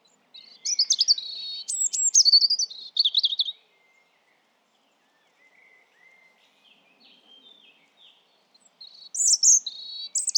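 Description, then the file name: European robin song: high, thin warbling phrases of tumbling whistles and trills, one phrase early and another after a quiet gap of several seconds. "Erithacus rubecula"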